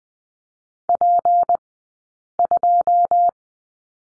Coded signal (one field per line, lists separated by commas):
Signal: Morse code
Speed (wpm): 20 wpm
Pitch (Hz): 700 Hz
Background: none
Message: P2